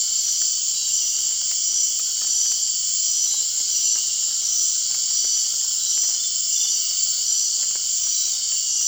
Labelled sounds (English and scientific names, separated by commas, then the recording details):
none
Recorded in dense forest near Puerto Asís, Putumayo, Colombia, on 24 March 2025 at 19:30
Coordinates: 0.499, -76.324
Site GP03